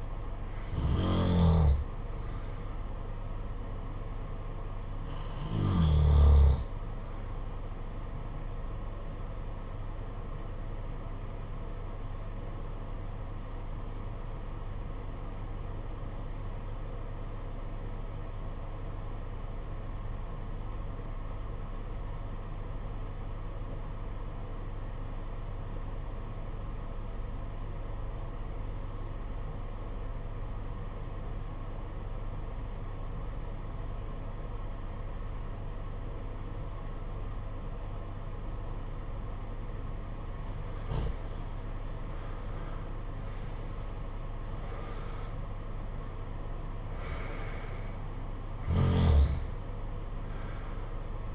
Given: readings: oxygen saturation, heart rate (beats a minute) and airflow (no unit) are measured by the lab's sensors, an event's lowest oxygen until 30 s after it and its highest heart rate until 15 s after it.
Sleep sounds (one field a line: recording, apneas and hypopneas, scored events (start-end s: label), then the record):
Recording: breathing in sleep by a smartphone at the bedside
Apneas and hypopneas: 1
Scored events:
10.00-42.00 s: obstructive apnea (REM, oxygen 96% highest, then 74% lowest, heart rate 61 at the start, 80 highest)
16.00-51.35 s: new sleep stage, N1 (lightest sleep)
From the record:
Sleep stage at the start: REM sleep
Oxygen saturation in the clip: 73 to 96%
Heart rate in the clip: 58 to 80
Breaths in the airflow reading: 6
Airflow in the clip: -11.1 to 9.2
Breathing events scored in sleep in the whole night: 476 in 9.7 hours asleep